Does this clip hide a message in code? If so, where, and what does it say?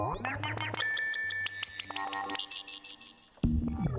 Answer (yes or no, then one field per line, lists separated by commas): no